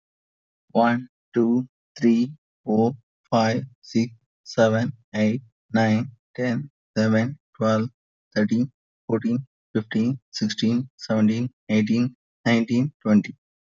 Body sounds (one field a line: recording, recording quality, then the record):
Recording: counting at a normal pace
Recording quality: excellent, no background noise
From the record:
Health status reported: healthy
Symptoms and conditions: none ticked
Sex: male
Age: 33 years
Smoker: not ticked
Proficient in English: yes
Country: India